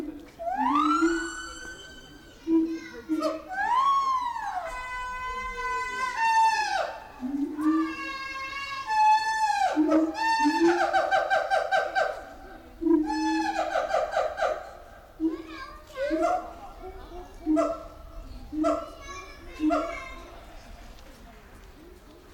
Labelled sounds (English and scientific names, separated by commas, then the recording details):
Siamang (Symphalangus syndactylus) call
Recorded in captivity
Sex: male
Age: subadult
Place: Zoo Berlin, Berlin, DE
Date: 1996-03-23 12:02
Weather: heiter, 4°C
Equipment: Sony WM-D6C, Sennheiser ME 80, Kopie Uher 4000 Report Monitor
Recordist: Tembrock, Günter